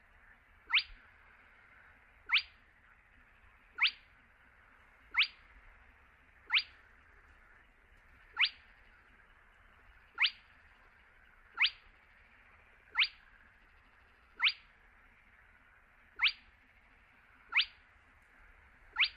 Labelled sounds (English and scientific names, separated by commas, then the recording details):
Spotted Crake (Porzana porzana)
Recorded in the wild
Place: Kützerhof, Kummerower See, Mecklenburg-Vorpommern, DE
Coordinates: 53.8522, 12.8731
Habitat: wetland
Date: 2009-06-19
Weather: leicht bewölkt, windstill, ca. 15 °C
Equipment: Sound Devices 702, Sennheiser MKH 70, Popschutz
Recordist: Frommolt, Karl-Heinz
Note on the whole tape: Polder Kleine Rosin: Rufreihe eines Tüpfelsumpfhuhnes. Entfernung 5 m. Sehr gute Aufnahme